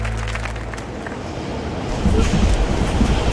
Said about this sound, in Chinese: 火车站